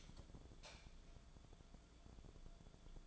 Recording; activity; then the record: daily activity, microphone in the room; light off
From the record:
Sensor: 5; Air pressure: 1010.4 hPa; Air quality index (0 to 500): 120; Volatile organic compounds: 2 ppm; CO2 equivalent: 1182 ppm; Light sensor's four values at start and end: 503/1290/533/600 and 501/1282/530/596